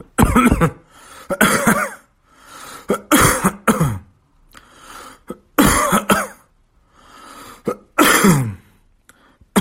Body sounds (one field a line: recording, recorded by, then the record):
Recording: voluntary cough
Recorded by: messaging app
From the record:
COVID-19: positive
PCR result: self-reported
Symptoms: yes